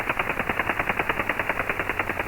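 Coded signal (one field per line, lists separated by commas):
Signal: radar signal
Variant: over-the-horizon radar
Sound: rapid repeating raspy pulses, about nine per second, like a buzzing sweep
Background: radio static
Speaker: that's some kind of over the horizon radar doing a rapid tone doing a rapid sweep up in frequency and then repeating over and over again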